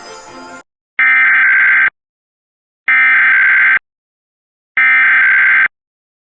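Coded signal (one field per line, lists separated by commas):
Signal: Emergency Alert System (SAME) tones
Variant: header bursts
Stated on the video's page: Required Monthly Test in Maryland, originated by the Maryland Department of Emergency Management.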